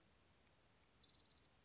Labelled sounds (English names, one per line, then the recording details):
Orange-crowned Warbler
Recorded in Sonoma County, California